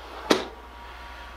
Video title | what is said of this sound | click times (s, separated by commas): BougeRV 37 Quart Portable Refrigerator - Full Review | pulls out with one finger it locks in place it's | 0.3 s